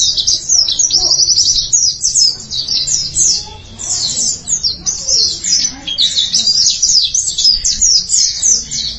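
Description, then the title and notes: White-eye: high, rapid twittering song, a busy warbling chatter. Chirping song. "Kicauan Burung Pleci Durasi Panjang. Suara kicauan burung pleci"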